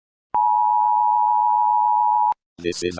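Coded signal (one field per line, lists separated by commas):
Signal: Emergency Alert System (SAME) tones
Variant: 853 and 960 Hz attention tone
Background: speech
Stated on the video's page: Fictional EAS scenario.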